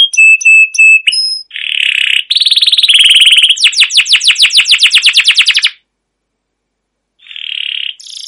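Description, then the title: Canary singing steady whistled notes, buzzy rolls and a long rapid trill of sweeping chirps, then a pause before another buzzy roll. Canary song, described as chirping and rolling, used as a lure to get other canaries singing. "CUIT CUIT NGEROL LANGSUNG GACOR PANJANG Kenari Ini Utk Pancingan KENAR"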